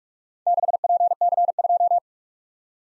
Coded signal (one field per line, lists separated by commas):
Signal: Morse code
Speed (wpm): 43 wpm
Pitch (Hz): 700 Hz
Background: none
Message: 6PC2